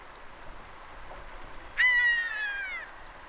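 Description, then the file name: Long-legged buzzard with one long, plaintive mew starting abruptly and trailing off downward over about a second, against quiet background noise. "Ornvrak"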